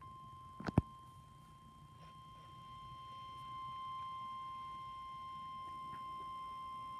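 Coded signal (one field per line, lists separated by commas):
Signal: Emergency Alert System (SAME) tones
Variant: 1050 Hz attention tone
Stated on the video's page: Severe Thunderstorm Watch issued by the National Weather Service Chicago office.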